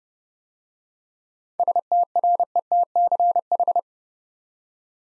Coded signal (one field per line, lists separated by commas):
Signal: Morse code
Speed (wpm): 30 wpm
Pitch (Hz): 700 Hz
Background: none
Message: STRETCH